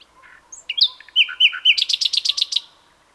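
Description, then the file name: Common nightingale song phrase: a few scratchy notes, three slurred whistles, then a rapid rattling series of several loud repeated notes. "Luscinia megarhynchos"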